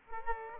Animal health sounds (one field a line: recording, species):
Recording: mosquito wingbeat signal from an infrared sensor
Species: Aedes aegypti